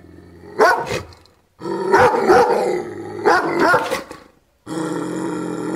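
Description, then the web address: Dog barking in short uneven bouts, several rough barks followed by a steady droning tone at the end. "cao a ladrar som de cao a ladrar ouvir"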